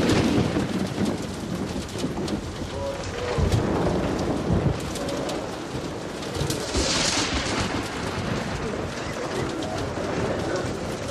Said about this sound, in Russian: Сквозь дыры в крыше церкви сверкает молния. Начинается дождь.